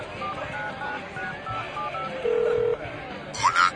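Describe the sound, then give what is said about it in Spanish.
Phone dialing tones as someone calls a mobile phone: one steady, mid-pitched electronic beep lasting about half a second over a low, busy background hum, followed shortly by a brief rising electronic chirp. “Está, lo voy a llamar al celular.”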